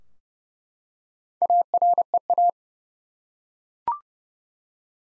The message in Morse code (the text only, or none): AREA